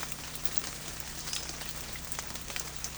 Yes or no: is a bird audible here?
no